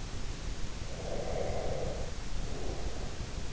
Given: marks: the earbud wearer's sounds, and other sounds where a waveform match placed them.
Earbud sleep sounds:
sounds in sleep by an in-ear microphone; breath
0.79-3.51 s: breath

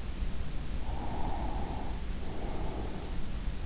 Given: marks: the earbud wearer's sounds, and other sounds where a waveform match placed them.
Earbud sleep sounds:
sounds in sleep by an in-ear microphone; breath
0.81-3.25 s: breath

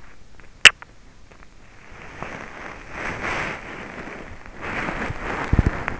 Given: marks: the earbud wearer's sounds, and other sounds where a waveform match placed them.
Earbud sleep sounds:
sounds in sleep by an in-ear microphone; teeth grinding, body movement
0.32-1.03 s: teeth grinding
1.91-6.00 s: body movement

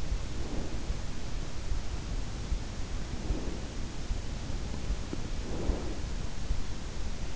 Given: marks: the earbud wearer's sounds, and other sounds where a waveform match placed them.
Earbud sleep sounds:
sounds in sleep by an in-ear microphone; breath
0.12-1.15 s: breath
3.02-4.38 s: breath
5.09-6.58 s: breath

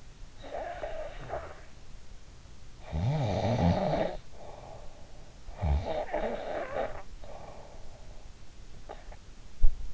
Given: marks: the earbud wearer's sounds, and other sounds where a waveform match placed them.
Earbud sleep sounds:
sounds in sleep by an in-ear microphone; snoring breath
0.31-1.75 s: snoring breath
2.82-5.18 s: snoring breath
5.54-9.94 s: snoring breath

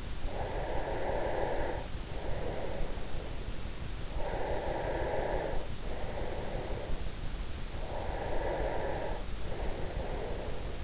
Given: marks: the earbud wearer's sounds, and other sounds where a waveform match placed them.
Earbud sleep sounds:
sounds in sleep by an in-ear microphone; breath
0.00-3.39 s: breath
4.06-7.35 s: breath
7.84-10.83 s: breath

